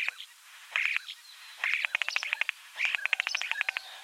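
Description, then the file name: Common starling song: short warbled phrases alternating with rapid dry clicking bursts. "Skvorec obyknovennyj Sturnus vulgaris - (Zvyki com)"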